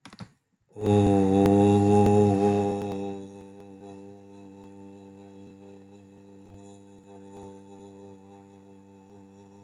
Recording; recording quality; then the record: sustained vowel as in boot; excellent, no background noise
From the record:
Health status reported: respiratory illness, not identified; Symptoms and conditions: cough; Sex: male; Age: 32 years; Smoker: yes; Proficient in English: yes